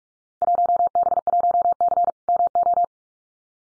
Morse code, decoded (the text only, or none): 1B1C MO